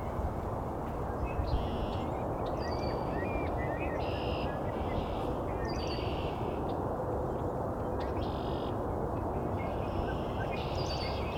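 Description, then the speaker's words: Red-winged Blackbird chorus: repeated buzzy, trilled phrases from several birds in quick succession, over heavy low background noise. Many Red-winged Blackbirds at the Cootes Paradise marsh boardwalk in mid-March. "As you can hear, there's quite a bit of red-winged blackbirds."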